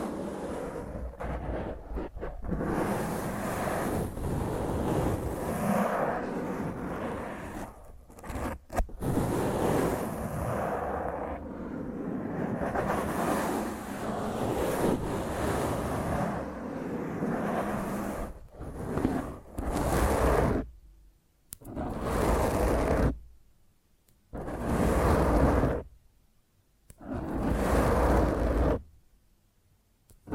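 Rough scratching of fingernails across a microphone, a dense, grainy rasp that fills the low and middle range with a hissy top. It runs almost continuously for twenty seconds with brief dropouts, then breaks into four separate bursts of a few seconds each, split by silence.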